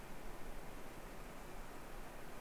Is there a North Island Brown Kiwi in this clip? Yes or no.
no